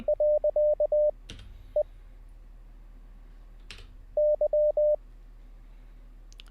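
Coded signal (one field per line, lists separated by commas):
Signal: Morse code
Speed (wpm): 20 wpm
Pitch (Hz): 600 Hz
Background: none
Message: .EY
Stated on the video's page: Live Morse code learning session, beginner CW practice.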